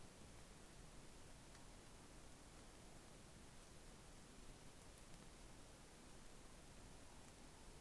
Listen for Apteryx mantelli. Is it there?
no